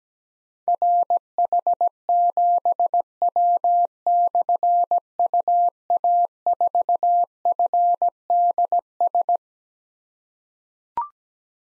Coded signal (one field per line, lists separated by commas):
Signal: Morse code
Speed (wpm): 17 wpm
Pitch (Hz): 700 Hz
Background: none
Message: RH7W/UA4FDS